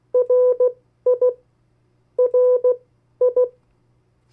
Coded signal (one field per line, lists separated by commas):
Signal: Morse code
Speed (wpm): 16 wpm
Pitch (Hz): 500 Hz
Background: none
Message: RI RI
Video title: 50 State Abbreviations, Variable speeds, in CW Video #1